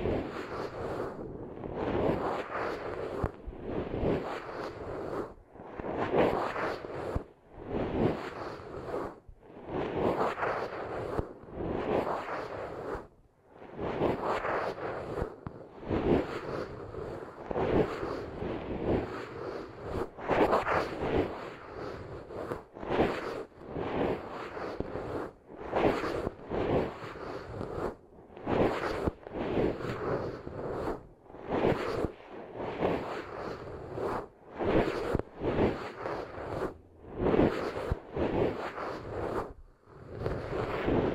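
Intense ASMR ear treatment: dense, rough scraping and rubbing strokes repeat every second or two, sweeping and swishing with brief pauses between.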